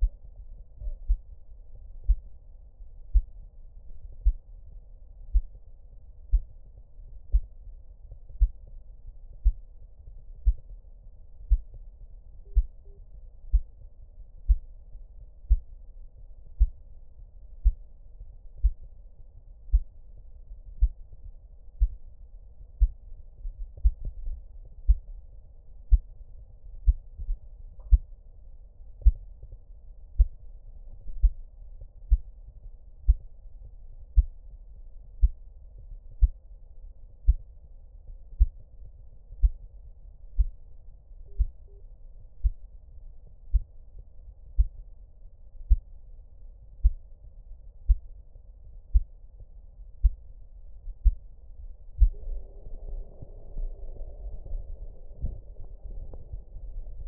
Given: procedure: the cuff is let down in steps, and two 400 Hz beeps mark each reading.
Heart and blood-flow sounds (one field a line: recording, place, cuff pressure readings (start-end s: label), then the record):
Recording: Korotkoff sounds by stethoscope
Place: brachial artery, at the lower edge of an arm cuff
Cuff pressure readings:
12.45-12.98 s: 100 mmHg
41.28-41.80 s: 90 mmHg
From the record:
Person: healthy adult, 24 to 32 years, lying on the back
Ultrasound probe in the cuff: distal